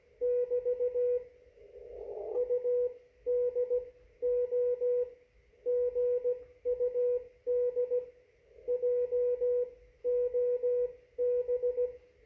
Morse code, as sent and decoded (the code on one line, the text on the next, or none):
-...- / ..- -.. / --- / --. ..- -.. / .--- --- -...
<BT> UD O GUD JOB